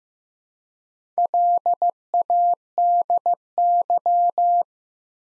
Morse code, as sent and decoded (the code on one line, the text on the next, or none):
.-.. .- -.. -.--
LADY